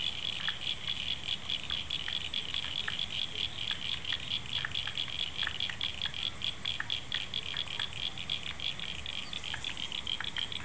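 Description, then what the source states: Frogs calling in a dense chorus: a steady high trilling band with rapid pulses and scattered short clicks throughout, no other clear sounds. Frogs calling after rain, February 2011.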